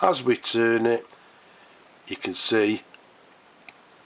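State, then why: Released. The knurled knob at the end of the plastic barrel of a Sheaffer Snorkel Valiant fountain pen is turned while someone talks, until the filling mechanism unlocks. A small, sharp click is heard at 3.7 s, and the mechanism is released and ready to extend the snorkel tube.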